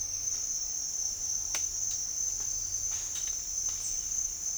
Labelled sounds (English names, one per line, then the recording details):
none
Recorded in dense forest near Puerto Asís, Putumayo, Colombia, on 13 March 2025 at 07:30
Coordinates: 0.503, -76.323
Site GP09